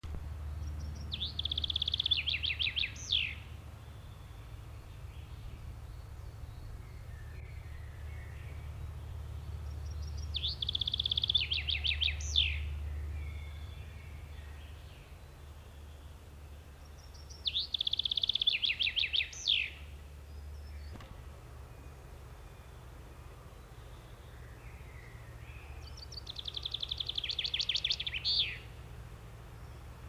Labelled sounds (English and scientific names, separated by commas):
Common Chaffinch (Fringilla coelebs) song